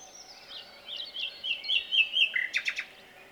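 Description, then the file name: Common nightingale phrase: slurred whistled notes building in loudness, closing with three sharp, emphatic repeated chips. "Luscinia megarhynchos"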